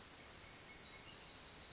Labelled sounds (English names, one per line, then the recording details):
Pacific Wren
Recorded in Sonoma County, California